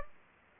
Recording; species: mosquito wingbeat signal from an infrared sensor; Culex pipiens